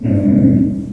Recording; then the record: squeal of a Yucatan mini pig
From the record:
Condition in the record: after surgery on the right vocal fold (resection and tissue-engineered implant); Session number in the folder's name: 5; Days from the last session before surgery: 33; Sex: female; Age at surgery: 19 weeks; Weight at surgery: 25 kg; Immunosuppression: prednisolone